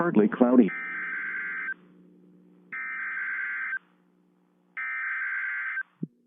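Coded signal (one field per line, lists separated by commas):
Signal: Emergency Alert System (SAME) tones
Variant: header bursts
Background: speech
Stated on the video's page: Snow squall warning EAS alert from the State College, Pennsylvania forecast office.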